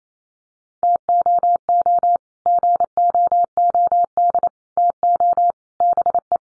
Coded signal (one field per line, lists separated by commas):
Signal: Morse code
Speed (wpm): 28 wpm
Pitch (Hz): 700 Hz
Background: none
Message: TOO GOOD TO BE